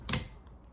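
On a 2014–2020 Mini Cooper, a wiper blade adapter is slid onto the wiper arm rail, pushed down and pulled back until it locks in place. A sharp, bright click at 0.1 s marks the adapter seating, followed by a much fainter tick around 0.5 s and quiet background. The adapter is locked onto the arm.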